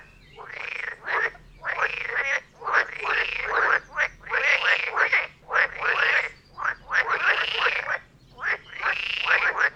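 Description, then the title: Frog chorus of long rasping croaks with arching tones, repeated roughly every second. Chorus of frogs near Vellerner Brook in Neubeckum, at 2 pm; stereo recording. "Frog concert near Vellerner Brook in Neubeckum - 2pm"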